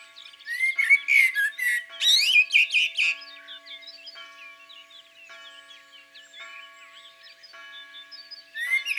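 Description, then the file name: Common blackbird warbling loudly in the opening seconds with shrill twitters, followed by softer chirping and faint steady tones, then a new phrase at the end. In the countryside. "Merle noir Chants doiseaux dans la campagne"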